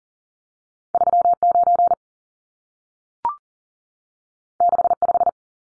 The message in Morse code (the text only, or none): 39 65